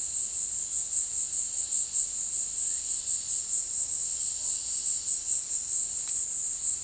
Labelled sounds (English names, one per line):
none